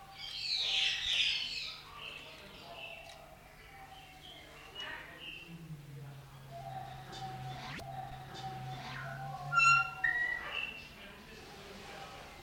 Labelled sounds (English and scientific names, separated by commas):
Golden Myna (Mino anais) call